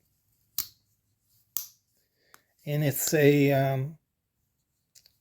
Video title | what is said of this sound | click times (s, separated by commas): Joker Canguro 1 | You can hear the snap, | 0.6 s, 1.6 s